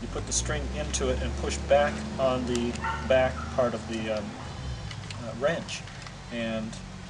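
Someone talks while placing the string into the homemade trigger mechanism of a PVC crossbow and pushing back on the back part of the string catch, with two brief handling taps around 4.9 s and 5.1 s. Nothing has seated or clicked yet; the trigger latch has not locked by the end.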